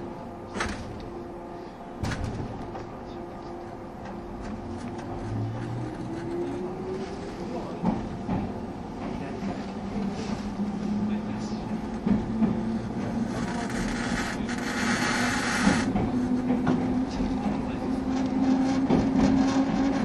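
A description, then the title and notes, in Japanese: A train runs along the Bantan Line, its low rumble rising steadily over the twenty seconds. A tone slides upward from about five seconds and later steadies into a whine, while scattered clicks and knocks punctuate the run and a faint voice mixes in. 103系 播但線普通 01/01:姫路～寺前。播但線＂の列車走行音。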